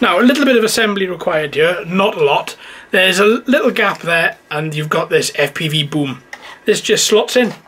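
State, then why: Not seated. A plastic FPV phone-holder boom is being handled at the small gap on an Eachine E52-TX quadcopter drone transmitter, ready to slot in, while someone talks throughout. Nothing has seated or clicked yet by the end of the clip.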